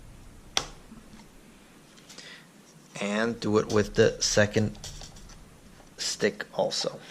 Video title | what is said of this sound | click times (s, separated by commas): How to assemble a 2000$ Gaming PC 2018 | it in on the side that does not have a tab and then tilt it down on the other side till you hear the snap and do | 0.6 s